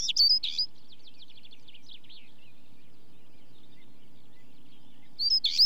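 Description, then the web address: Stonechat song: brief, harsh, high warbled bursts at the start and end, with faint, rapid notes in between. Stonechat song recorded with a chaffinch also audible. "BBC Sound Effects Library. Stonechat"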